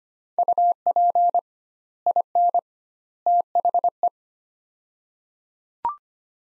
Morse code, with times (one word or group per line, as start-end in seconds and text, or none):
0.4-1.4 UP
2.1-2.6 IN
3.3-4.1 THE